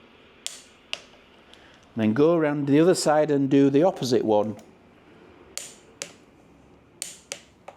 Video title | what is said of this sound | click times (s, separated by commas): My ebike turns off without warning, whats wrong with it? Lets try to find out. | again till it clicks. | 0.5 s, 0.9 s